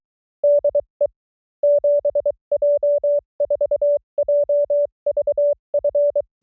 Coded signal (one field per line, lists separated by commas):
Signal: Morse code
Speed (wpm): 23 wpm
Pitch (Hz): 580 Hz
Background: none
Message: DE 7J4JVF